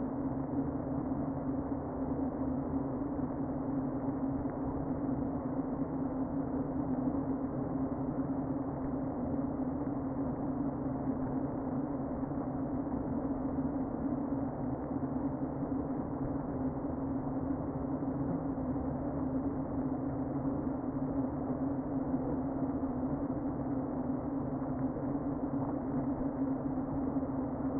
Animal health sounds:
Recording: honeybee colony, microphone inside the hive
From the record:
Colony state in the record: queen present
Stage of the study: before two queens were removed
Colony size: about 60,000 bees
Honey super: yes

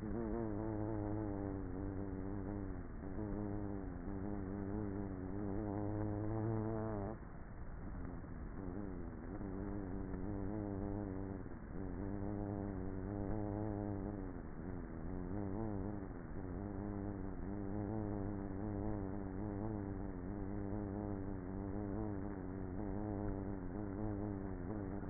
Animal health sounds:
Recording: honeybee colony, microphone inside the hive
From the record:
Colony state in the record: queenless with a low population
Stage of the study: before two queens were removed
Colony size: about 30,000 bees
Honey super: no

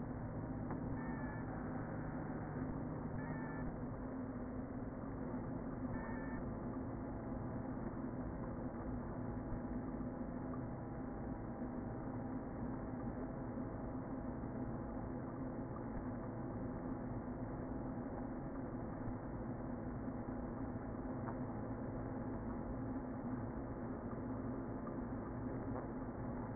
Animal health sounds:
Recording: honeybee colony, microphone inside the hive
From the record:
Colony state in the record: queen present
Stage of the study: before two queens were removed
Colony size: about 60,000 bees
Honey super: yes

